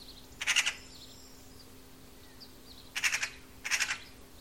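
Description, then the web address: Bird giving three brief buzzy pulsed bursts, one early and two close together near the end, over a low steady hum. "Deverinetal 2025. Bird Only"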